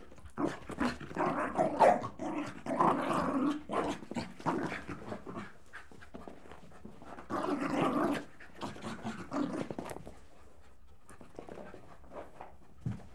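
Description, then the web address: Dog growling and huffing in rough, breathy bursts, busier in the first half and again around eight seconds, then trailing off into quieter snorts. Jack Russell Terrier and Corgi cross dog, leaping. "BBC Sound Effects Library. Jack Russel Corgi Cross Leaping"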